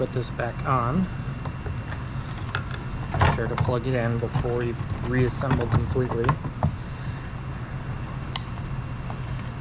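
On a 2013 Audi A4 2.0T B8.5, the turn signal wiring connector is handled at the wing mirror turn signal lamp during a turn signal replacement, before final reassembly, while someone talks. Short handling taps and knocks are heard over a steady low hum. The connector has not seated or clicked yet.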